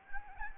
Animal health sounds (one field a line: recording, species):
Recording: mosquito wingbeat signal from an infrared sensor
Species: Anopheles gambiae